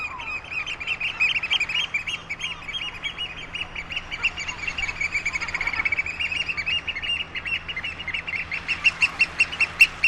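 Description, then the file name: Eurasian oystercatcher piping calls, a dense run of shrill, sharp overlapping notes, ending in louder, spaced pips. "Huitrier Pie"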